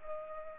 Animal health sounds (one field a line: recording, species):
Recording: mosquito wingbeat signal from an infrared sensor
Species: Culex pipiens